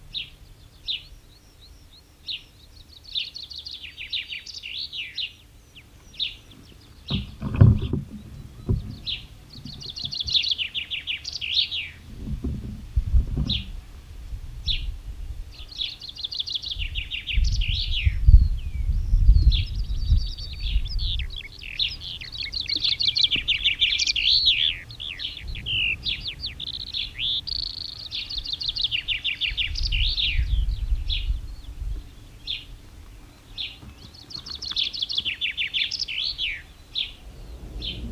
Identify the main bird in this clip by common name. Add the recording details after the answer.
Common Chaffinch. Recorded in the wild. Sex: male. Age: adult. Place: Schloß Holte-Stukenbrock, Senne, Nordrhein-Westfalen, DE. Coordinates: 51.8856, 8.66111. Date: 1972-05-22. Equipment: Uher 4200 Report Stereo, Bändchenmikro Beyer M 260, Parabolspiegel Polyester (600 mm). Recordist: Conrads, Klaus